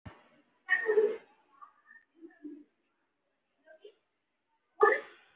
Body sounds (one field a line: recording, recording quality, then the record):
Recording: deep breathing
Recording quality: poor, much background noise or distortion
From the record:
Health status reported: recovered from COVID-19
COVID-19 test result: positive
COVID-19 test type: RT-PCR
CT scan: taken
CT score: 0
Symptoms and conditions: cold, muscle pain, pneumonia, another respiratory illness, another condition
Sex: male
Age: 33 years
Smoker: no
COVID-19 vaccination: both doses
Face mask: worn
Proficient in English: yes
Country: India